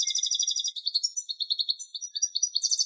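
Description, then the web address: European goldfinch calls, a rapid string of high tinkling notes and twittering trills, fast and slightly varied throughout, with no other sounds. "Carduelis carduelis"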